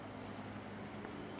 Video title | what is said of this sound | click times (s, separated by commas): A Day in the Life of Vintage Classic Specialist, Episode 157, The Ghia is SOOOOO close to done! | Give that a pull, and you can hear it pop nicely. | 1.0 s